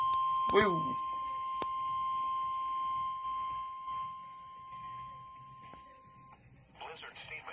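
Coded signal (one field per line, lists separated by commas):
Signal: Emergency Alert System (SAME) tones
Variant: 1050 Hz attention tone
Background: speech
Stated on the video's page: EAS Blizzard Warnings for Genesee and Northern Erie counties.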